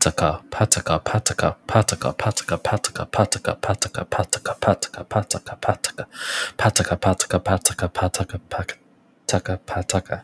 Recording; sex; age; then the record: repeated syllables /pa ta ka/; male; 20 to 29 years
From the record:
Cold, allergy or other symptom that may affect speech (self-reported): no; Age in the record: 24 years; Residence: Texas, United States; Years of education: 14